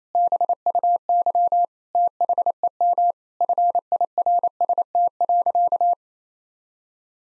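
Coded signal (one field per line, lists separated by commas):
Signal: Morse code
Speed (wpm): 28 wpm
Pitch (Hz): 700 Hz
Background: none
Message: BUY THEM FIRST.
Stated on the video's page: Morse code practice at 28 wpm of sentences from the top 1000 words, each sent, spoken, then sent again.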